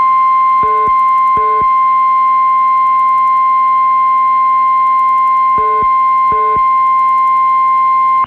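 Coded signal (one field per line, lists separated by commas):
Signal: Emergency Alert System (SAME) tones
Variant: 1050 Hz attention tone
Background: music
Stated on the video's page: Personal captures of real EAS alerts during a severe weather event in the South.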